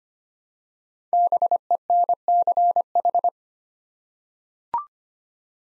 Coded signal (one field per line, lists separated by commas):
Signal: Morse code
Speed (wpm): 25 wpm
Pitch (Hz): 700 Hz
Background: none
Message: BENCH